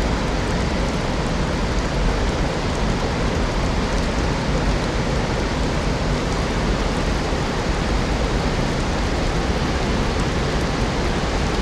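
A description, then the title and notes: A waterfall roars without pause, a dense, even rush of water that fills the whole range from deep rumble to bright hiss. The level holds perfectly steady for the full twelve seconds, with no separate events or other sounds standing out. ENCHANTING WATERFALL AMBIENCE. Enter the waterfall, a classic example of restorative white noise.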